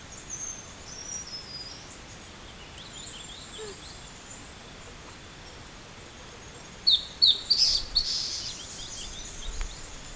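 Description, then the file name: Bird calls: a quiet stretch with faint high notes, then a sudden cluster of sharp, high chirps near seven seconds. "SABIOD 50 bird 2015"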